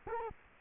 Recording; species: mosquito wingbeat signal from an infrared sensor; Culex quinquefasciatus